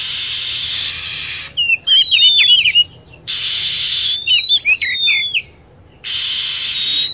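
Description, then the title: Lovebird twittering, a flurry of shrill zigzag chirps in two bursts, framed by steady hissing noise at the start and end. Lure recording used to attract lovebirds. "PIKAT BURUNG LOVEBIRD"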